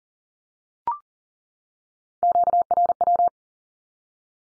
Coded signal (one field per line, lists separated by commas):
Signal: Morse code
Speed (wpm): 41 wpm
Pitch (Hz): 700 Hz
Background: none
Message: QRW